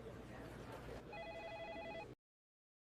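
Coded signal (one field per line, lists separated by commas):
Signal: none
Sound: a phone's ringing beeps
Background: speech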